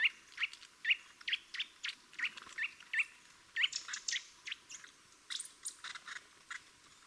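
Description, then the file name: Eurasian nuthatch giving short, sharply rising whistled calls, spaced roughly every half second, then a looser mix of higher, scratchy notes toward the end. "Sitta europaea"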